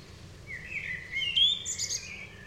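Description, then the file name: Common blackbird, a short whistled phrase rising and sliding upward into a thin, high squeaky flourish above faint background hum. "Turdus merula"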